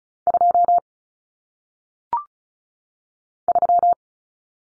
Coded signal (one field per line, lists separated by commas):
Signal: Morse code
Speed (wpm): 36 wpm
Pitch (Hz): 700 Hz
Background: none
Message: 2 3